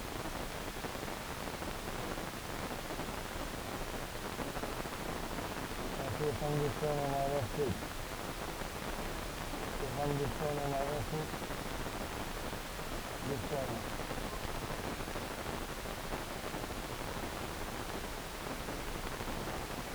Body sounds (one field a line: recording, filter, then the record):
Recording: brain microelectrode recording played as sound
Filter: wide band, above 20 Hz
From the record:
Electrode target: subthalamic nucleus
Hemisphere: left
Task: reaching with the right hand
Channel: 2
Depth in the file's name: 1.267 mm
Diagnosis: Parkinson's disease